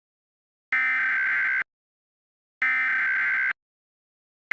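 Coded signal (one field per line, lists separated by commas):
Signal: Emergency Alert System (SAME) tones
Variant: header bursts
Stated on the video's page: Fictional EAS scenario.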